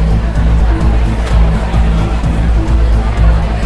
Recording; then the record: background sound without coughing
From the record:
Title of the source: Party Noise 1 Hour Party Ambience